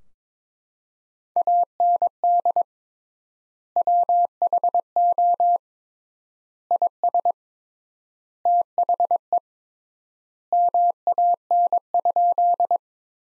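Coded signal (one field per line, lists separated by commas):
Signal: Morse code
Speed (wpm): 22 wpm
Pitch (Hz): 700 Hz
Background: none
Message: AND WHO IS THE MAN?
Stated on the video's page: Morse practice sentences built from the 200 most common words at 22 wpm with 3x standard word spacing, a word-level analogue of Farnsworth spacing.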